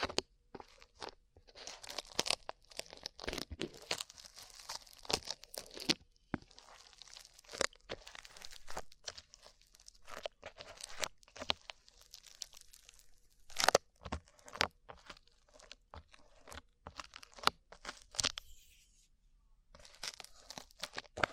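Slime being squished and pulled makes sticky, crackling sounds. Dense clusters of sharp pops and crinkly snaps come in quick irregular bursts, bright and crisp, with brief quiet gaps around 13 and 19 seconds before the tacky clicking picks up again.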